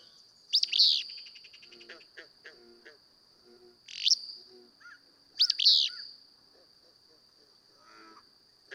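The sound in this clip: Willow flycatcher giving its abrupt, buzzy two-note song three times within nine seconds, with a constant high-pitched drone and faint lower chirps from other birds.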